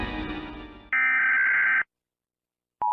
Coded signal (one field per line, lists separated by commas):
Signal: Emergency Alert System (SAME) tones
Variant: header bursts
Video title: EAS Scenario 39: Unlucky 2: Unlucky Serial